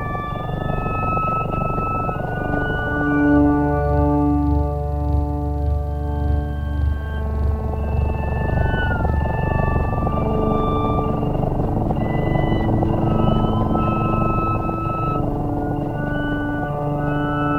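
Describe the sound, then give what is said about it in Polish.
Music specially composed for cats by a cellist in consultation with scientists plays on its own, with long sustained tones and slow sliding, whale-like glides floating over a steady low drone, continuous and fairly loud throughout. “jest specjalnie skomponowana muzyka dla kotów”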